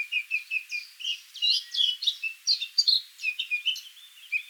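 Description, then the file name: Eurasian blackcap warbling continuously, a jumble of quick chattering and clearer whistled notes with no real pause over the whole stretch. "Sylvia atricapilla"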